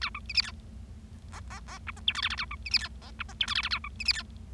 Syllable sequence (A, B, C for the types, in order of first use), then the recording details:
A B C D E F F F G H I J K K A B C D E F G H I J K K A B C D E. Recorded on 25 March 2012 at 16:31. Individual gy6or6